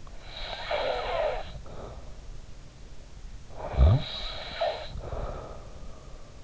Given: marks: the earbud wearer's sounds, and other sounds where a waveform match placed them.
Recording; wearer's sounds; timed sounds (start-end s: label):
sounds in sleep by an in-ear microphone; snoring breath
0.18-2.12 s: snoring breath
3.47-5.81 s: snoring breath